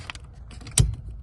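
The old, faulty plastic brake light switch on a MK4 Golf Estate is twisted anti-clockwise in its plastic or metal bracket above the brake pedal, with a small multi-plug above it. A few faint ticks and rustles come first, then a sharp click at 0.8 s as the switch releases and comes out of the bracket.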